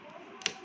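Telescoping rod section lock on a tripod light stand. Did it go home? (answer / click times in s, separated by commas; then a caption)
yes / 0.5 s. The first telescoping rod section of a tripod light stand is extended and its lock is snapped closed, giving a faint tap at 0.4 s and then a single sharp click at 0.5 s over a low background hiss. The first leg section is now locked in place.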